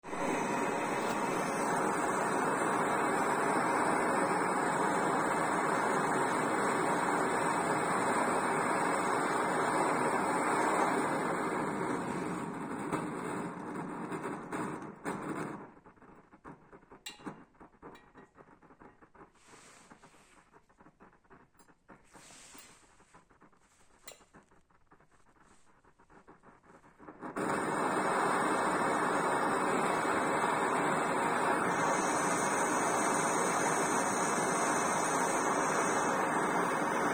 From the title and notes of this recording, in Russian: Первый запуск примуса. Китайский примус BRS-12A.